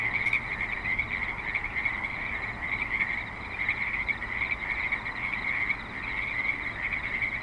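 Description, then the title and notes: Steady frog chorus, a smooth high trill with one sharp pulse early on, faint low rumble beneath. Frogs at a creek in Spanish Springs, Nevada, USA, in a suburban setting with light traffic and other suburban sounds. "Frogs in Spanish Springs, NV - creek view. Frogs with light traffic and other suburban sounds"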